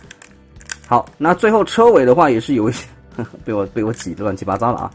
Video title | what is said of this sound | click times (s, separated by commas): 變形金剛分享時間1297集 Fans Toys FT 42 Hunk Masterpiece Scaled Brawn | OK， 好，把它给扣上。 | 0.7 s